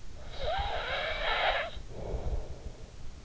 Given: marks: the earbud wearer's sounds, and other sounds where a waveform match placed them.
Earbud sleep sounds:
sounds in sleep by an in-ear microphone; snoring breath
0.11-3.14 s: snoring breath

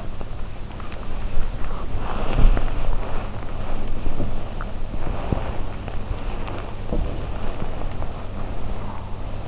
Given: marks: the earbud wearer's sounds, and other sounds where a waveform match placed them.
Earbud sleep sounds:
sounds in sleep by an in-ear microphone; body movement
0.00-9.47 s: body movement

